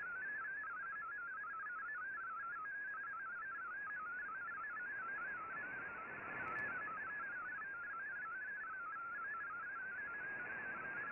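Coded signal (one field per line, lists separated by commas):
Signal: multi-tone FSK (Olivia or MFSK type)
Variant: MFSK32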